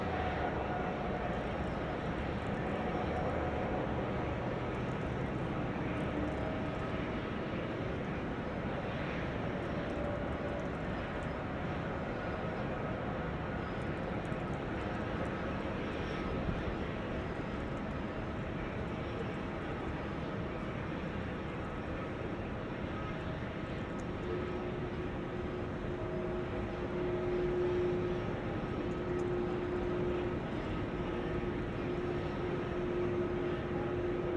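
Sounds of an airfield: a dense, steady engine roar fills the whole clip, heavy in the low end with a few thin sustained tones above it. A faint hum at one pitch surfaces and wavers in the last ten seconds.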